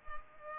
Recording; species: mosquito wingbeat signal from an infrared sensor; Culex pipiens